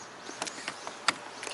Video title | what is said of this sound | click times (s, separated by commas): 만원 충전하면 380km를 달리는 전기차, 기아 니로 EV 일상 시승기 | 꽂아 주며 딸깍 소리와 함께 이렇게 들어갑니다 | 1.1 s